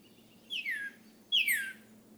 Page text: For 13 mornings during late April and early May 2018, I recorded how a male northern cardinal left the night roost and began his day